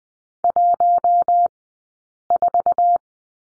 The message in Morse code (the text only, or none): 14